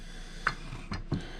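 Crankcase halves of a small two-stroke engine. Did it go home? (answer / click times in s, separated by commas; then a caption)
released / 0.5 s. The crankcase halves of a small two-stroke Stihl engine are being split. A single sharp, loud pop at 0.5 s marks the halves coming apart, followed by two softer, duller knocks near 0.9 and 1.1 s. The pop is the expected sound of a successful separation and does not mean the case is broken.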